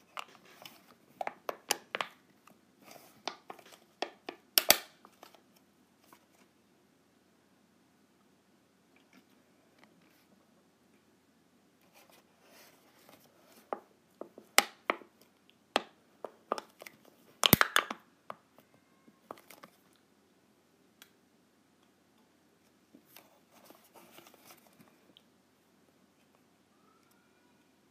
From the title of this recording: ASMR Clipping my Clips